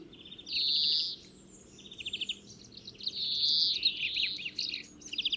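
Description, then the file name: European greenfinch giving two long harsh wheezes separated by short metallic trills and twitters, with low rumbling background noise. "Chloris chloris"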